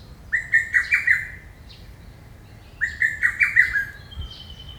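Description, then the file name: Lesser cuckoo sings two rapid, staccato phrases of several clipped notes, separated by a short pause, against a quiet background. "hototogisu"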